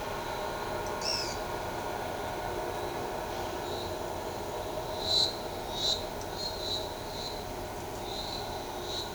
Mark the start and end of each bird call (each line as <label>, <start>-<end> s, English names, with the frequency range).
Pale-eyed Pygmy Tyrant (2.1-10.9 kHz), 0.84-1.36 s